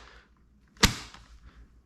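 The plastic bottom lid of a stick vacuum's dust bin is pushed closed and latches so it stays shut. A single sharp, loud snap at 0.8 s stands out over faint background noise, followed by a softer tick around 1.1 s. The lid is seated and holds closed.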